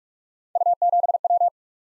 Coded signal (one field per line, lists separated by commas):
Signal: Morse code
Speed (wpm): 44 wpm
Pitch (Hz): 700 Hz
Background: none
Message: U7W